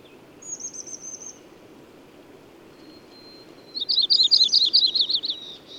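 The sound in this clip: Bird song opening with a thin, very high drawn-out whistle, a pause, then a quick, bright trill of repeated high notes.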